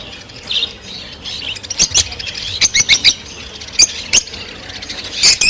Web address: krasivoe i veseloe penie i chirikane rozovoshhekih nerazluchnikov. parrots agapornis-roseicollis